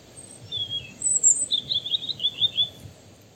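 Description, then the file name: European robin phrase: a falling thin note, a very high squeak, then a quick trill of repeated high notes, with low background rumble. "Erithacus rubecula"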